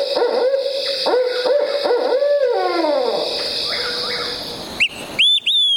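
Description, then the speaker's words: Barred Owl hooting song: a rhythmic run of deep hoots ending in a long, drawn-out falling note, then two brief high whistled bird notes. Song remembered by the mnemonic "Who cooks for you? Who cooks for you all?". "For example, this barred owl has a song that seems to say, "Who cooks for you? Who cooks for you all?""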